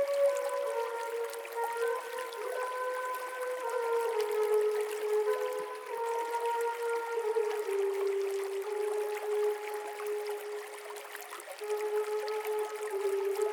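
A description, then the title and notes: Flutes play long, held notes over a gentle running stream, the tones stepping slowly between pitches and overlapping in soft layers. Beneath them the water keeps up a constant light hiss and trickle. The level stays even throughout, with no sudden events. Flutes Over a Gentle Running Stream.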